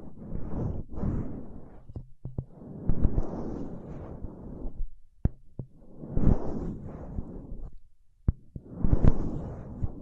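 Paraffin wax being peeled and scratched, with rough rustling bursts that swell and fade in waves around the first, third, sixth and ninth seconds. Sharp, isolated taps and clicks cut through between them, especially near two, five and eight seconds, with brief quiet gaps.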